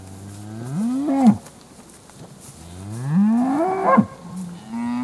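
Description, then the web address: Cattle mooing: two long rising moos that swell and break off, then a softer low moo trailing at the end. Suckling herd being fed in a field; very close perspective. "suckling herd being feed in field very close perspective recording"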